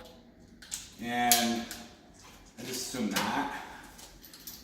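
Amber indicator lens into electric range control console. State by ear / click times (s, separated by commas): seated / 4.5 s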